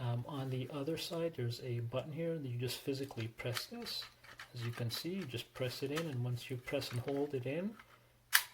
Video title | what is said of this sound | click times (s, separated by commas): Review VYLEE Universal International Power Travel Plug Adapter, 5 in 1 European Travel Plug Adapter | you can simply snap these uh plug plug pins back into place | 8.3 s